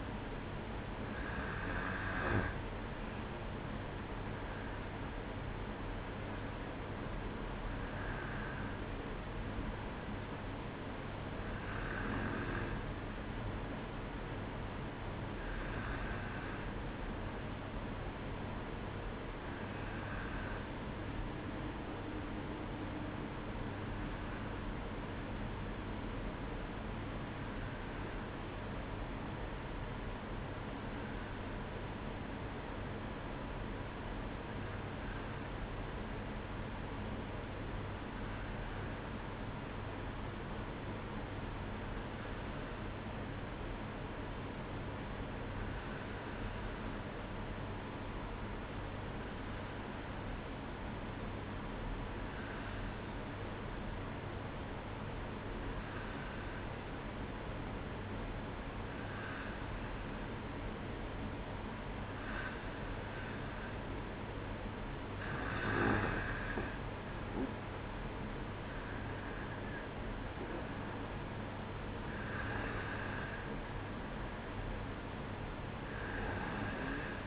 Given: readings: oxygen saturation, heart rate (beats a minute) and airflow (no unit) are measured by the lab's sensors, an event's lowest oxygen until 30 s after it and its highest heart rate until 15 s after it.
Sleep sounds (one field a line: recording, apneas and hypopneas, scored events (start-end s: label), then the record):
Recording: breathing in sleep by a voice recorder at the bedside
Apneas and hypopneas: 1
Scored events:
2.00-32.00 s: new sleep stage, N1 (lightest sleep)
28.00-64.30 s: hypopnea (N1, oxygen 95% highest, then 92% lowest, heart rate 58 at the start, 63 highest)
32.00-62.00 s: new sleep stage, N2 (light sleep)
62.00-77.27 s: new sleep stage, N1 (lightest sleep)
From the record:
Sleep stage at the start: N2 (light sleep)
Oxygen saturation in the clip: 92 to 95%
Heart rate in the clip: 57 to 63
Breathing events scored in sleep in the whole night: 305 in 9.6 hours asleep